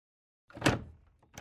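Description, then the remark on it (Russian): A house's second door swings open with a broad thud and rattle, its noise fading over about a second, followed by a short second knock or click from the latch, as people shaking off snow walk into a dark, unlit hall. “после того, как Август открыл вторую дверь, и мы, стряхивая с себя снег, вошли в темный неосвещенный холл”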